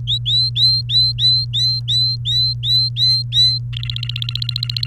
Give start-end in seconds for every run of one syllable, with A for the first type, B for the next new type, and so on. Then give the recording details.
0.07-3.58 A, 3.73-4.86 B. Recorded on 29 April 2018 at 11:28. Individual llb3